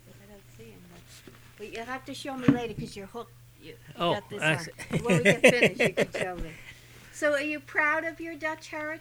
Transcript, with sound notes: I didn't see them. But you'll have to show me later, because you're hooked. You've got this on.
I see. ( he laughs )
When we get finished, you can tell me. So are you proud of your Dutch heritage?